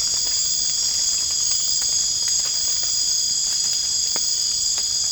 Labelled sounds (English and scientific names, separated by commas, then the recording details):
none
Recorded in dense forest near Puerto Asís, Putumayo, Colombia, on 27 June 2025 at 00:00
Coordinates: 0.481, -76.323
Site G072